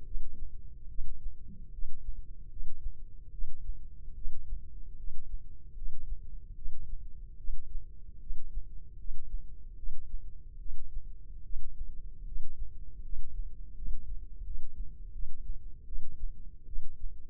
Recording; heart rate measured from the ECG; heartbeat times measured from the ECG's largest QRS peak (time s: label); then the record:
heart sounds by microphone in the left ear; 76 bpm
0.03 s: heartbeat
0.87 s: heartbeat
1.70 s: heartbeat
2.48 s: heartbeat
3.30 s: heartbeat
4.13 s: heartbeat
4.96 s: heartbeat
5.74 s: heartbeat
6.54 s: heartbeat
7.36 s: heartbeat
8.18 s: heartbeat
8.96 s: heartbeat
9.75 s: heartbeat
10.57 s: heartbeat
11.42 s: heartbeat
12.24 s: heartbeat
13.01 s: heartbeat
13.73 s: heartbeat
14.42 s: heartbeat
15.11 s: heartbeat
15.84 s: heartbeat
16.65 s: heartbeat
From the record:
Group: healthy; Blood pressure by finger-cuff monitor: 91/63 mmHg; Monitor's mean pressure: 71 mmHg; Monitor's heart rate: 76 bpm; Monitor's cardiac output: 5.5 L/min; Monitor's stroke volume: 74 mL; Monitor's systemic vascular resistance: 920 dyn s/cm5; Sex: female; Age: 19 years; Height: 163 cm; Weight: 51 kg